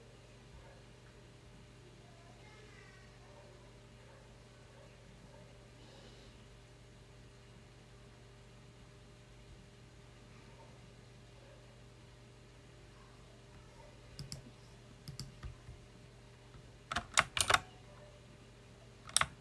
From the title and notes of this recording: You will hear a close-up recording of me working with a loud mechanical keyboard.